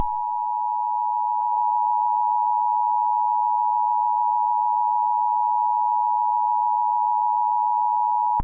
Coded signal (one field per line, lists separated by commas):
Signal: Emergency Alert System (SAME) tones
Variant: 853 and 960 Hz attention tone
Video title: The Birth of the Blood Moon Hero: An EAS Scenario with a Twist of Comedy (Read in Description)